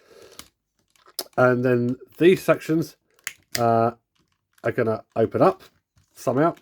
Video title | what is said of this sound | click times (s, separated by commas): Review 101: Masterpiece Soundwave | just a little bit till you hear it click. | 1.2 s